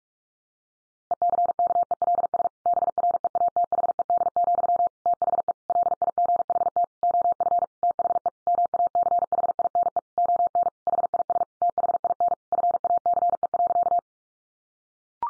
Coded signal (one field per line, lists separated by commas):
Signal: Morse code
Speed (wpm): 46 wpm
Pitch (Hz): 700 Hz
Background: none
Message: ECKELS BREATHED, THE LIGHT OF THE MACHINE ON HIS THIN FACE.